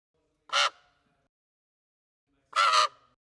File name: Raven Caw